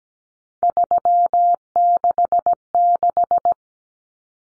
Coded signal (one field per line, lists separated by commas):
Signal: Morse code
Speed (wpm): 17 wpm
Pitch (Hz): 700 Hz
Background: none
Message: 366